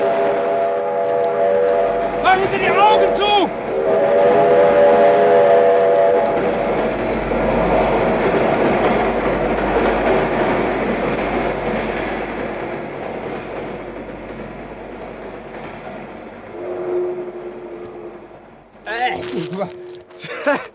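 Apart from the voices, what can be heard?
express train passing by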